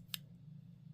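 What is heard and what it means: A folding knife's blade is opened slowly and the steel frame lock bar works over the corner of the blade tang, giving a single sharp, bright click at 0.1 s over a steady low hum. The lock clicks but does not fully engage, a worrying flaw because it has to be checked every time to make sure it actually engages.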